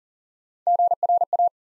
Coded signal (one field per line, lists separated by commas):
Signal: Morse code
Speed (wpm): 40 wpm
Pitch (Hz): 700 Hz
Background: none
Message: GRA